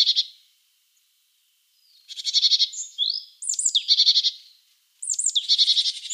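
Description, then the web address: Great tit: small bird producing harsh, rattling churrs mixed with high thin whistled and slurred notes, in long buzzy stretches. "Schulze Peter Great Tit calls"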